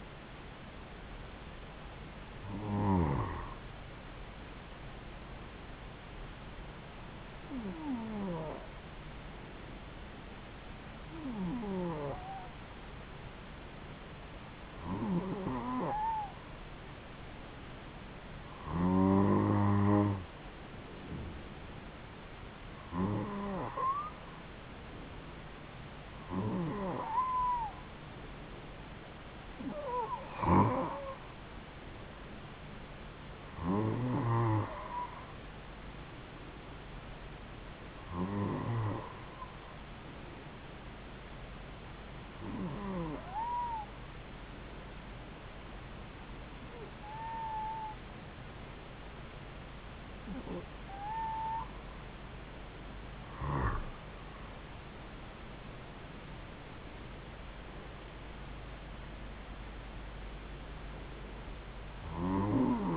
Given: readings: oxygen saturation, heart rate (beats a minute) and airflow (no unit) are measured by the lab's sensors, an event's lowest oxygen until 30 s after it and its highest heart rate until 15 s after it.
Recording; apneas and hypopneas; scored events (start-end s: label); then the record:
breathing in sleep by a voice recorder at the bedside; none
none scored
From the record:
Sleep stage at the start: N2 (light sleep); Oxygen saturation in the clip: 92 to 94%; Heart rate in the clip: 66 to 75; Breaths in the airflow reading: 16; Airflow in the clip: -3.6 to 5.1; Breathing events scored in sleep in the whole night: 270 in 6.1 hours asleep